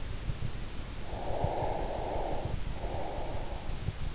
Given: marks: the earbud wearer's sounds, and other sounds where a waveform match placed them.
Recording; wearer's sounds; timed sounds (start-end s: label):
sounds in sleep by an in-ear microphone; breath
1.00-3.68 s: breath